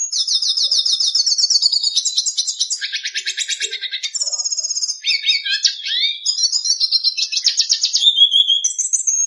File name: Canto do pintassilgo da venezuela